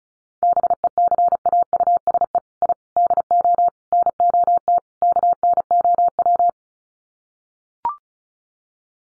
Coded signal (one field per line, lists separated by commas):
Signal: Morse code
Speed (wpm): 34 wpm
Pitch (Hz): 700 Hz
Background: none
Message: BECAUSE I DO NOT KNOW